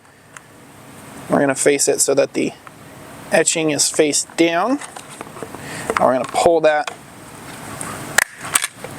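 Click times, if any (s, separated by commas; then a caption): 8.2 s, 8.6 s. A plastic mounting tab is pulled through a flexible rally mud flap for a 2018-2024 Toyota Camry XV70, from the side without the logo with the etching face down, until it clicks into place. Someone talks through most of the clip, then two loud, sharp snaps are heard at 8.2 s and 8.6 s as the tab seats in the flap.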